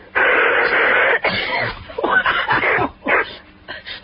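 A long harsh wet cough followed by a run of shorter hacking coughs from a 15-year-old girl with a sore throat and a lung condition she has had for quite a while, heard over a telephone line; the kind of cough that makes the tops of the lungs roar.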